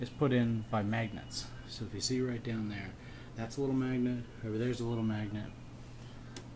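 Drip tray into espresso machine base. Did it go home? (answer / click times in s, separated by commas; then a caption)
yes / 6.4 s. Someone talks while the magnet-held drip tray of a Philips Saeco Syntia espresso machine is fitted back into the machine's base. A sharp click at 6.4 s, followed by a fainter tick at 6.6 s, marks the tray snapping into place, seated.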